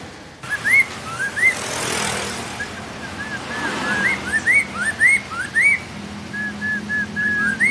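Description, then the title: Hwamei song: a run of clear, upslurred whistled notes, some paired and some level, repeated in quick succession over a steady traffic rumble. "Poksay mandarin"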